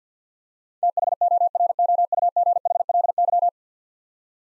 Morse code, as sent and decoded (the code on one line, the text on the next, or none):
- .... --- .-. --- ..- --. .... .-.. -.--
THOROUGHLY